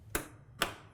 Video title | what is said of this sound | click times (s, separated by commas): Ryzen 5 1600X - Step-By-Step Build - Part 2 | just clicks into place we take our second module we | 0.2 s, 0.6 s